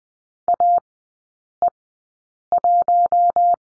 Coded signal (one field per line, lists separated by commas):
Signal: Morse code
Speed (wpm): 20 wpm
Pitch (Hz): 700 Hz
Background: none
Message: AE1